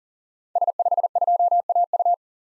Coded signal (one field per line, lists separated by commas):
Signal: Morse code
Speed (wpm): 40 wpm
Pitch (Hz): 700 Hz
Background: none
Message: S52AU